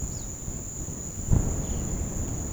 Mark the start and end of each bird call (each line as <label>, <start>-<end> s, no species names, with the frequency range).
bird call (2.9-5.8 kHz), 0.11-0.40 s
bird call (2.6-4.3 kHz), 1.54-1.87 s